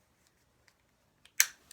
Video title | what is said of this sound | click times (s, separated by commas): Showing you a WaterPik | and then to put it on you just let it click in place | 1.4 s